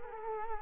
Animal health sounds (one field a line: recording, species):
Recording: mosquito wingbeat signal from an infrared sensor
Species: Culex quinquefasciatus